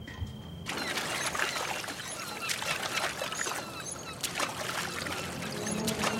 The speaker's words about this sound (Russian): Море. На тихих волнах, почти неподвижно, на якоре стоит баркас. К судну подплывает лодка. В лодке двое. Мужчина, он за веслами, и женщина.